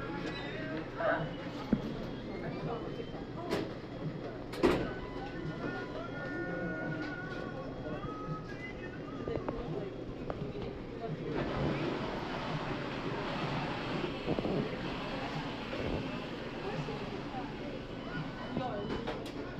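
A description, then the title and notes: Busy chatter fills a New York McDonald's, many voices overlapping into a dense, steady murmur with a low hum beneath. Sharp clatters break through around two and five seconds, and from about eleven seconds the sound turns brighter and busier, with scattered knocks continuing. NYC sounds: McDonald's.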